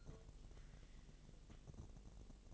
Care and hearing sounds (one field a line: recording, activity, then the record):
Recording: daily activity, microphone in the room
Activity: take from stove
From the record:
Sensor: 4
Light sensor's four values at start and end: 9/20/8/8 and 9/19/8/7